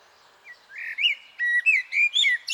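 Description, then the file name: Common blackbird giving a short run of clear, fluty whistled notes in quick succession over a quiet background, ending with a higher, scratchier note. "Turdus merula"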